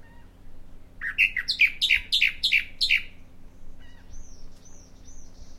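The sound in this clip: Bahama mockingbird song of several quick, repeated downslurred notes, followed by a few thin, high whistled notes; soft background hiss and hum.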